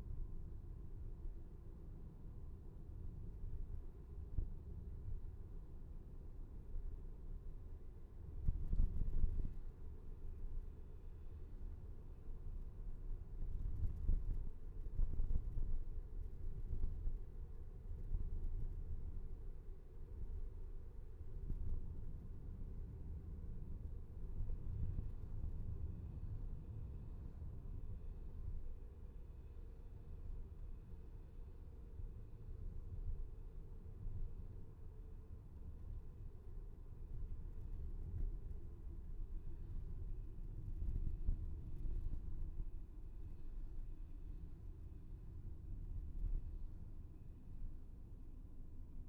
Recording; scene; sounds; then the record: everyday scene through a hearing-aid microphone; in a vehicle; engine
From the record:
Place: VW T5 Caravelle, diesel engine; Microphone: behind the ear, left, front